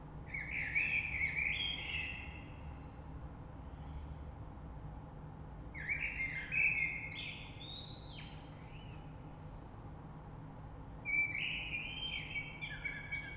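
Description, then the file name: Common blackbird singing mellow whistled phrases that break into thin high chatter, one phrase roughly every five seconds, with faint background hum. Recorded 3 March 2020. "Rush Merle"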